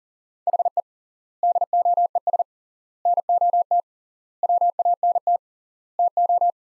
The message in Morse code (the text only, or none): HE DOES NOT WANT TO